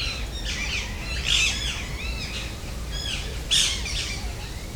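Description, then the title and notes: Rose-ringed parakeet squabbling calls: arched, grating squawks at an uneven pace, with two louder shrieks standing out against a low rumbling background. Ring-necked parakeets squabbling in late afternoon in a garden in Paris, France; recorded with an MCE 530 microphone, USB dual preamp and H2 recorder. "Insectes (grillons?) puis des perruches qui se chamaillent en fin d'après-midi au jardin d'agronomie tropicale de Paris."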